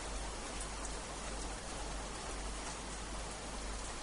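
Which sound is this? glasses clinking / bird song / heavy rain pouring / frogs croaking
heavy rain pouring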